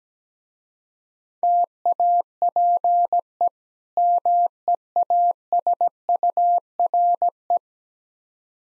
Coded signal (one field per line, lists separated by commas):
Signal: Morse code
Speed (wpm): 17 wpm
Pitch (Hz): 700 Hz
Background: none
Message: TAPE MEASURE